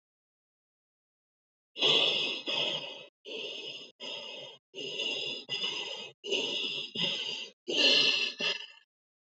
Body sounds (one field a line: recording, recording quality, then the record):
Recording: shallow breathing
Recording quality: excellent, no background noise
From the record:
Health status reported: healthy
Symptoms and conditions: none ticked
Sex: male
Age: 36 years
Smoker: not ticked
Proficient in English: yes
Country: India